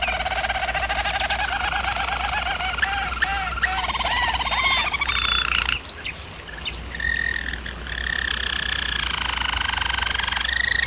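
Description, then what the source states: German Roller canary with rapid looping trills, a brief softer dip, then long even rolled tones resuming. Singing, used for canary song training.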